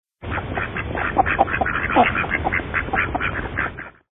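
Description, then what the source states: Ducks quacking, many harsh, nasal quacks overlapping and repeated steadily throughout, several birds calling at once. Recorded at a duck pond.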